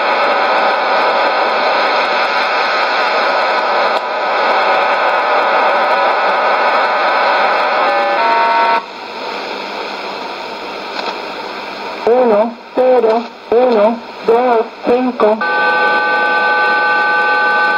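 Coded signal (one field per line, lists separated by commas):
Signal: numbers station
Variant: HM01, Spanish voice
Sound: steady digital data hiss, then five evenly spaced short spoken words, then hiss again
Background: radio static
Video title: 24 10 2019 HM01 Cuban Spy Numbers station in Spanish 0547 on 11462 Bejucal, instead of 9330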